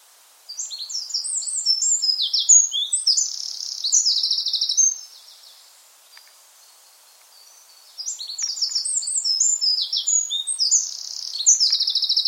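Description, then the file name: Eurasian wren singing two energetic high-pitched phrases of fast, tumbling notes and chattering trills, separated by roughly three seconds of near silence. "Scricciolo"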